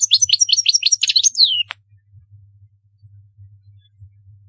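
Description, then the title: European goldfinch song: a rapid run of repeated tinkling, twittering notes ending in a downslurred note, then quiet with a low hum. "Chant Chardonneret"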